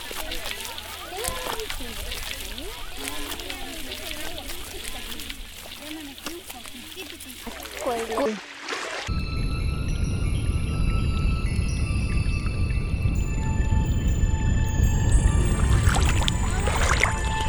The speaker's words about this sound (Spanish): estoy grabando el sonido del agua.